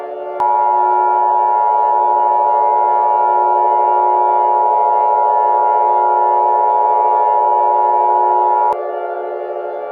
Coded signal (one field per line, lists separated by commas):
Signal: Emergency Alert System (SAME) tones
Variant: 853 and 960 Hz attention tone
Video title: a future remastered eas scenario im workin on